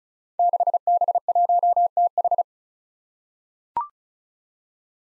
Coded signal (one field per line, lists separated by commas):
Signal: Morse code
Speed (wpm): 36 wpm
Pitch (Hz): 700 Hz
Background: none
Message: 6B1TH